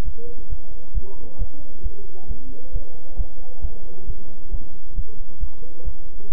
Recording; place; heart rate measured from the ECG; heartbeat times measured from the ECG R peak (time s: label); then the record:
heart sounds by stethoscope; between the tricuspid and mitral areas; 135 bpm
0.03 s: heartbeat
0.48 s: heartbeat
0.93 s: heartbeat
1.37 s: heartbeat
1.82 s: heartbeat
2.26 s: heartbeat
2.71 s: heartbeat
3.16 s: heartbeat
3.60 s: heartbeat
4.05 s: heartbeat
4.50 s: heartbeat
4.94 s: heartbeat
5.39 s: heartbeat
5.83 s: heartbeat
6.28 s: heartbeat
From the record:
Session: bicycle stress test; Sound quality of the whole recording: good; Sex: male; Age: 26 years